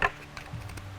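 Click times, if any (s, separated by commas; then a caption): 0.1 s. After the strap is threaded through the tri-glide, the plastic side-release buckle on the strap of a Razco Gear Holster Gen 2 is pushed into its mating buckle on the harness. A sharp snap at 0.1 s marks the buckle seating, followed by a few fainter ticks at 0.4, 0.7 and 0.8 s over a low steady hum.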